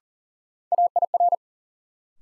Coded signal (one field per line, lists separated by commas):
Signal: Morse code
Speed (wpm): 40 wpm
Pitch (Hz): 700 Hz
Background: none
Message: AIR